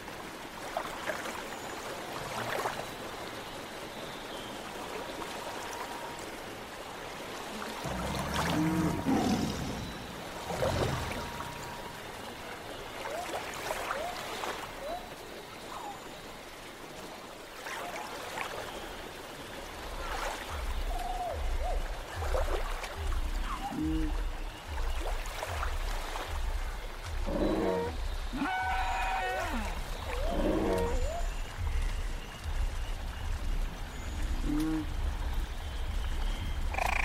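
A prehistoric forest scene: a dense, hissing bed of water-like trickling runs throughout. Deep, bending creature calls rise out of it around 8 to 11 seconds and again from about 27 seconds on. From roughly 19 seconds a low, steady pulsing rumble underlies everything.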